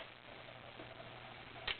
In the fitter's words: can hear it it locks in place